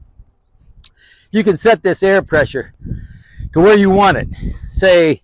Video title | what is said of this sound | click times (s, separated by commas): PRO-TOTE SNAPDRAGON For Sale | and drop it down she snaps into place now before you put the tire on | 0.8 s